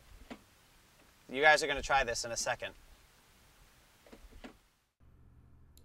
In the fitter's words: relax and let the blade drop in can you hear it click and